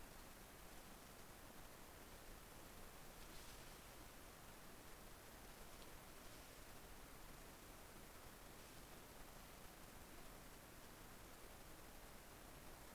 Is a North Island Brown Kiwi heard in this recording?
no